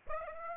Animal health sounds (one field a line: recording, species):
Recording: mosquito wingbeat signal from an infrared sensor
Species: Aedes aegypti